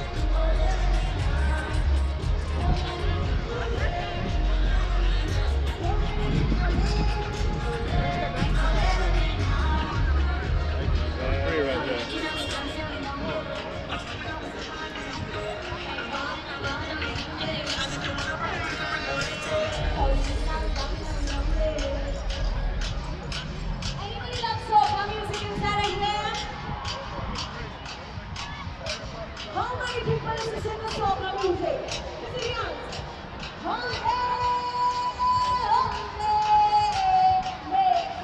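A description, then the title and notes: Reggae concert sound with a crowd talking over the music. Heavy low bass thumps pulse steadily through the first twelve seconds and again around twenty to twenty-five, while voices and chatter fill the mix, and higher sung or melodic lines stand out after twenty-five seconds. Summer 2022 Hartford Connecticut Reggae Concert. Enjoy the sounds from the park, including some motorcycle sounds and other things!!!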